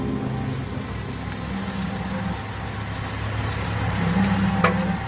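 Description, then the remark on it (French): Heavy diesel engines drone steadily with low rumbling and shifting tonal whines as tractors, trucks and other clearing machines work the beach of Saint-Michel-en-Grève, Brittany, France, in the early morning at low tide in September 2009, with a brief hiss near the end and no voices. “Dans les jours qui suivent, en ce début du mois de septembre 2009, chaque matin, aux premières heures du jour, à marée basse, tracteurs, camions et autres déblayeuses continuent de prendre d'assaut la plage de Saint-Michel-en-Grève.”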